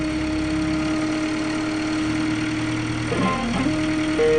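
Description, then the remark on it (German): A Subaru aluminium car engine mounted in the front of a homemade aircraft runs with a loud, steady buzzing drone, then its pitch wavers, dips and climbs as it revs up to 5500 rpm near the end. No one speaks. “Oh, 5500 Umdrehungen!”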